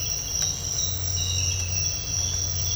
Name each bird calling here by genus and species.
none